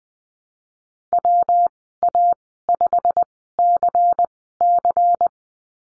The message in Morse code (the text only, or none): W A 5 C C